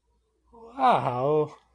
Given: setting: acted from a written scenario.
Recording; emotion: vocal sound without words; positive surprise